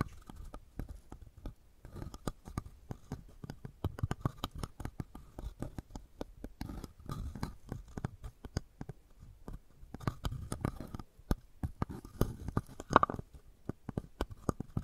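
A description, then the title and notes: Wooden balls click and knock together in dry taps. The clatter is dense and irregular across the whole stretch, with busier, louder bursts around the middle and again near the end, and a faint steady tone underneath. ASMR Brain Tingly Wooden Ball Triggers (No Talking).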